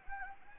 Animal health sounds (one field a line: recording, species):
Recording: mosquito wingbeat signal from an infrared sensor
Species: Anopheles gambiae